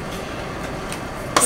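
After a first attempt without a click, a graphics card is pushed again into a motherboard expansion slot over a steady low background hum. A faint tick comes at 0.9 s, then the slot latch snaps with a sharp, bright click at 1.4 s, and the card is seated.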